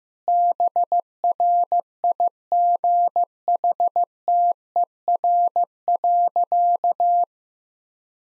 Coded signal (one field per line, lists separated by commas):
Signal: Morse code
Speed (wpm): 15 wpm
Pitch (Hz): 700 Hz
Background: none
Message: BRIGHTER.